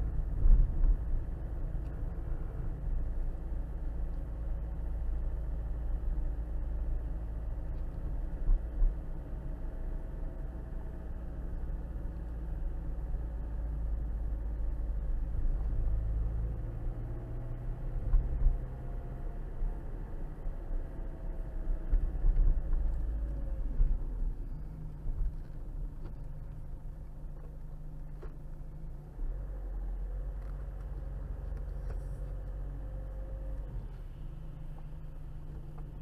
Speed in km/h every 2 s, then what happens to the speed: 27, 26, 26, 26, 27, 27, 26, 24, 27, 31, 27, 21, 13, 5, 5, 6, 8, 3.
0-14 steady at about 26. 14-19 speeds up to 31. 19-26 brakes to 5. 26-36 steady at about 5.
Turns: none.